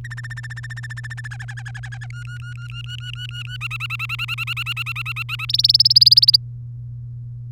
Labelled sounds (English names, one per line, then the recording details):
Domestic Canary song
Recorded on 3 May 2018 at 10:37
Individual llb3